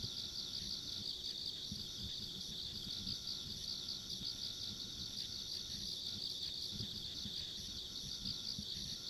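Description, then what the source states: Insects trilling in a steady high chorus, continuous dense chirring throughout with faint lower rustling noise underneath. Ambient insect sounds along a rural country road.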